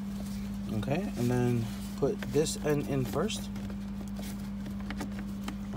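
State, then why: Seated. Someone talks as a plastic shifter console trim cover is refitted into the center console of a 2004 Saturn L300, after the shift-lock override was used to put the car into neutral. Its tabs are lined up with the holes and the front is pushed down. A few small sharp knocks follow, ending in a snap at 5.5 s as the cover clicks back into place.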